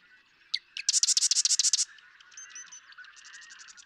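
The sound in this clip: Marsh Wren song: a couple of sharp ticks, then a loud, rapid rattling trill, followed by a softer rattle.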